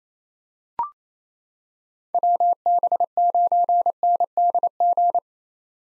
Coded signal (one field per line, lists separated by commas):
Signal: Morse code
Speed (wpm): 28 wpm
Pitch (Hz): 700 Hz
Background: none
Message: WB9NDG